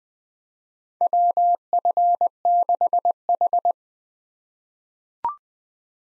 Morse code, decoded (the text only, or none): WF6H